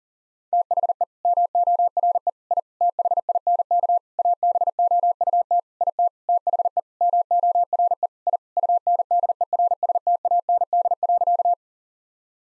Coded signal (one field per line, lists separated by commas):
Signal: Morse code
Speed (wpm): 40 wpm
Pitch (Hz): 700 Hz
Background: none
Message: THE MORE I THINK ABOUT IT THE MORE I UNDERSTAND.